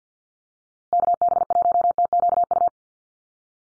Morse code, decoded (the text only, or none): KB1TQU